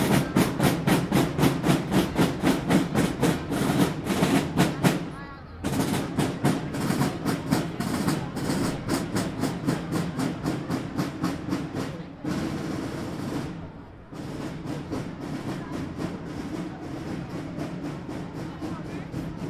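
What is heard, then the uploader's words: At a National Day celebration, fast, steady drumming rattles on with a low murmuring crowd, pausing briefly around five and twelve seconds. A short binaural soundbite of the biggest selebration of the year, Norway's National Day.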